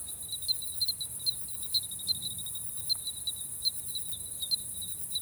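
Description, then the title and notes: Bell cricket song, a ringing high tone with frequent tinkling pulses, set against a dense shrill insect chorus and faint low rumble. Night of 28 July 2018, 22:00 to 02:00; common here at 1000 m altitude on a limestone plateau in the Haut-Diois. "Grillon tintinnabulant. Haut Diois"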